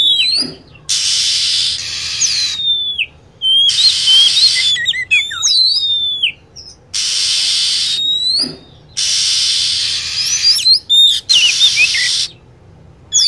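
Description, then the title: Lovebird calls, high piercing chirps that swoop up and down, broken by repeated blocks of harsh, hissy noise. Lure sound used for attracting lovebirds. "PIKAT BURUNG LOVEBIRD"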